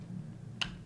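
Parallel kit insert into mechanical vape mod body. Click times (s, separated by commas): 0.6 s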